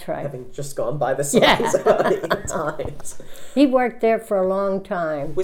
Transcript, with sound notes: Having just gone by the signs a million times. ( they laugh )
He worked there for a long time.